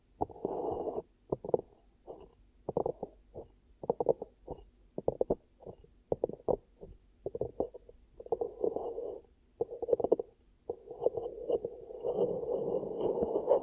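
Ear cupping for ASMR: hands press and lift in quick, muffled bursts that sound hollow and rumbly, low to middle in pitch. The pats come irregularly, several per second at times, with brief quiet gaps, then turn into longer, steadier rubbing whooshes near the end.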